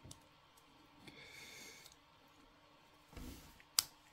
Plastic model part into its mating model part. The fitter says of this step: Ça s'emboîte, mais on peut les coller quand même.